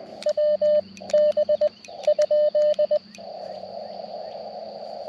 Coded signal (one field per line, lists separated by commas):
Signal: Morse code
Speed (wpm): 18 wpm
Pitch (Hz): 590 Hz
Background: radio noise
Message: WB?